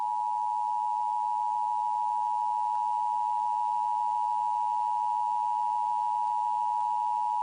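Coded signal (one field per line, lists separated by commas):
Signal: Emergency Alert System (SAME) tones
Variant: 853 and 960 Hz attention tone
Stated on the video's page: Recreated, imagined tornado warning EAS alert with tones imitating official signals; not a real emergency.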